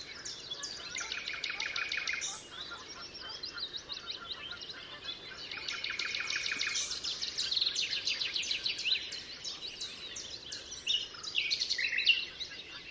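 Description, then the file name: Common nightingale song: fast, high repeated notes and rattling trills in varied strophes, with a steady hiss of background noise throughout. Recorded 27 April 2014 at Altmühlsee. "Nachtigall. Altmuehlsee. Susanne Rieck"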